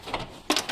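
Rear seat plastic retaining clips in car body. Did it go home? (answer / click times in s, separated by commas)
released / 0.1 s, 0.6 s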